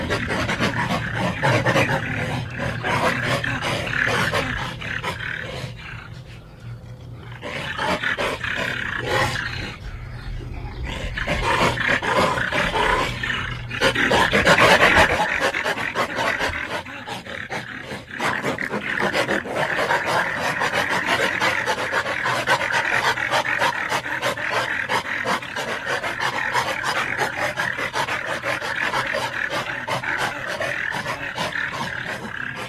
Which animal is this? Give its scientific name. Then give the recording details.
Gulo gulo. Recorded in captivity. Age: adult. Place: Zoo Halle, Sachsen-Anhalt, DE. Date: 1977-05-27 11:35. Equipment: Nagra SN, Kopie Uher 4200. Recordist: Tembrock, Günter. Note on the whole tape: Laute bei Begegnung mit Aufrichten und Pfotenschlagen, ohne Körperkontakt. Abstand: 1 m